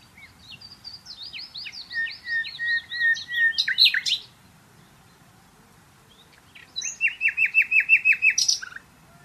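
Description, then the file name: Common nightingale singing two phrases: the first is a rapid string of varied chirps ending in a sharp flourish; after a pause, the second is a run of rapid repeated notes. "Luscinia megarhynchos"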